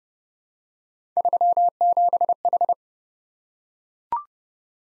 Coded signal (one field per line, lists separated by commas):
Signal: Morse code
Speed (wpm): 30 wpm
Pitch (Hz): 700 Hz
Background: none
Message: 37H